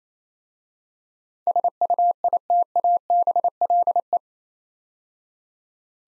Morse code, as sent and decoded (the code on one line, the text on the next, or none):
... ..- .. - .- -... .-.. .
SUITABLE